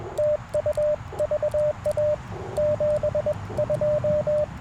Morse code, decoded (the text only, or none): TU VA 72